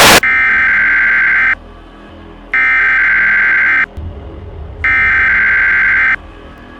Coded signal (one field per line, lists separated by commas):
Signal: Emergency Alert System (SAME) tones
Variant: header bursts